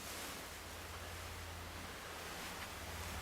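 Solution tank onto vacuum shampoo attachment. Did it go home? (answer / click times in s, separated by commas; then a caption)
no / none. A solution tank is being handled onto the shampoo attachment of a Kirby Avalir vacuum, lined up by its marks, dropped on and pushed while the back wheel is braced by hand. Only a steady broadband hiss with a low hum around 100 Hz is heard, with no sudden sounds. Nothing has clicked or seated yet.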